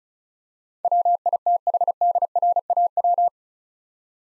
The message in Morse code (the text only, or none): WITHDRAW